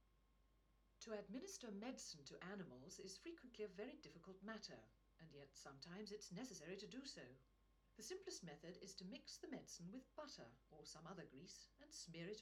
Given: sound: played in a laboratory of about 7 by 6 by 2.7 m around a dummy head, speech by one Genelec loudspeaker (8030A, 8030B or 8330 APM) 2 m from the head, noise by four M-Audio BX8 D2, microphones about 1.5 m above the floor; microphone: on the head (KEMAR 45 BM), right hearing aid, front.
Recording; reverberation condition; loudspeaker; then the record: female speech in English; low; 60 degrees to the right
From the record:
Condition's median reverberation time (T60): about 310 ms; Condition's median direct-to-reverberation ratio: about 3.5 dB